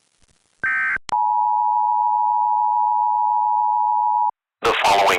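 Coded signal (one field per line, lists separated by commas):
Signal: Emergency Alert System (SAME) tones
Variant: 853 and 960 Hz attention tone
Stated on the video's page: Fictional EAS scenario.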